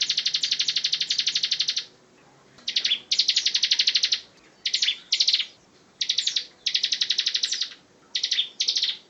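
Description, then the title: Plain prinia calling with rapid buzzy rattles, bursts from a fraction of a second to nearly two seconds separated by short pauses. "Ciblek Sawah"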